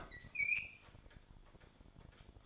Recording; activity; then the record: daily activity, microphone in the room; open fridge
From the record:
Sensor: 5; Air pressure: 1007.9 hPa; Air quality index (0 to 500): 95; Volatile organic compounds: 1 ppm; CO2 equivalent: 747 ppm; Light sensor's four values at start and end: 44/102/43/45 and 46/104/44/47